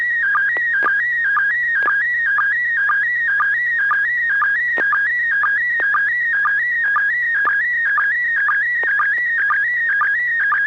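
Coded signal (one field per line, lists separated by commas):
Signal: SSTV (slow-scan television)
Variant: PD120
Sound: warbling tone wandering between mid pitches, with short low sync chirps about twice a second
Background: low mains hum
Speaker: Okay, well, this is going to be PD 120. N6PGQ,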